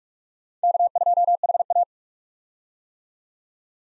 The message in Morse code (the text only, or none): K2HA